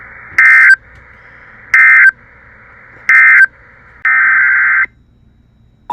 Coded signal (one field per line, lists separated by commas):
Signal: Emergency Alert System (SAME) tones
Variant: end-of-message bursts